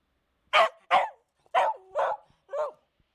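Dog barking: five sharp, mid-pitched barks, the first two close together, then three more spaced about half a second apart, in otherwise quiet surroundings.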